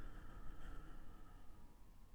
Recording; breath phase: one breath near a microphone; exhalation